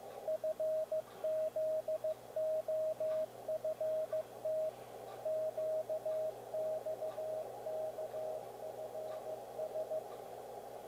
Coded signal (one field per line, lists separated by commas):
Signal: Morse code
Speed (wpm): 15 wpm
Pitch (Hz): 630 Hz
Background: radio noise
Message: FZOFT QXKFS